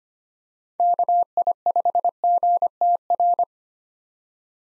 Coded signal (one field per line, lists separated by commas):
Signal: Morse code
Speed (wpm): 25 wpm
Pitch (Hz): 700 Hz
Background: none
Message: KI5GTR